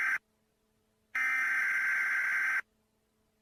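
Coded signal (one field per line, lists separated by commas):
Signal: Emergency Alert System (SAME) tones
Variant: header bursts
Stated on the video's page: Fictional analog-horror EAS scenario that uses valid tones.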